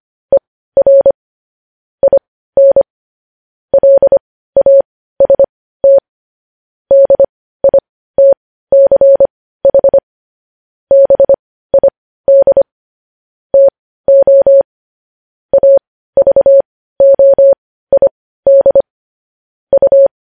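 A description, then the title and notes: Morse code beeps at one steady mid-pitched tone, short dots and longer dashes in quick groups separated by brief silences, clean. Morse code transcription.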